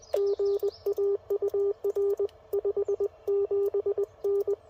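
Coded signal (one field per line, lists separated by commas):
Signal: Morse code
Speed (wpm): 21 wpm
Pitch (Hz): 400 Hz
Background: none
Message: GA UR 57N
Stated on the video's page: Full-length CW POTA park activation from a vehicle with a Yaesu FT-857, Radioddity HF-009 antenna, LiFePO4 battery and Putikeeg key.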